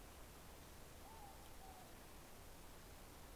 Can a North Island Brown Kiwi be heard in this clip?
no